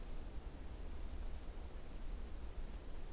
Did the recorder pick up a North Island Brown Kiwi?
no